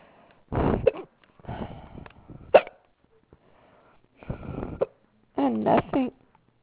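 An adult's hiccups: four abrupt, voiced hiccups come in quick succession at irregular intervals of about one to three seconds. Each is a sudden sharp catch of breath with a brief throaty sound, with quiet between. The rapid, repeated involuntary rhythm fits persistent hiccups that came on spontaneously, with nothing bringing them on.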